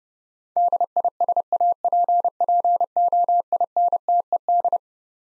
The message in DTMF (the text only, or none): none